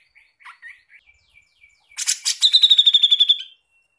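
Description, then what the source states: Grey-cheeked bulbul: a run of soft, short notes, then harsh rasping bursts leading into a fast, rattling trill of a second or so. Master recording used for training songbirds.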